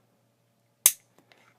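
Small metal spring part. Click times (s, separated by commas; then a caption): 0.9 s. An angled pick pushes the magazine release spring to the right into the groove on the magazine release of a Glock 43 pistol frame. After near-silence it snaps home with one sharp, bright pop at 0.9 s, followed by a few faint ticks around 1.2 and 1.3 s. The magazine release is seated and ready to work.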